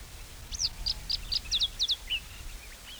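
Lark calling with a brisk series of six sharp, high, downslurred chirps, then a lower short note and a few fainter ones, over a low rumbling background.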